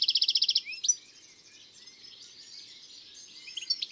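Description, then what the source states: European goldfinch song opening with a rapid repeated high trill, then fading into soft, faint twittering before sharper notes return at the end. Recorded in February.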